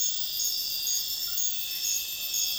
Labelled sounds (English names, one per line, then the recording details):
none
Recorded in secondary vegetation near Puerto Asís, Putumayo, Colombia, on 4 March 2025 at 03:00
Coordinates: 0.498, -76.327
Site G001